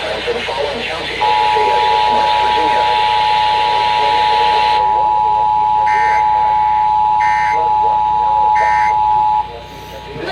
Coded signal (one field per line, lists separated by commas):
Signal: Emergency Alert System (SAME) tones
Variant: 853 and 960 Hz attention tone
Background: speech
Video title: 2x flws on 9 stations (8/15/22) EAS 1535-1553